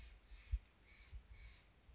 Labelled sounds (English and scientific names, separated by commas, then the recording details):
Steller's Jay (Cyanocitta stelleri)
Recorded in Sonoma County, California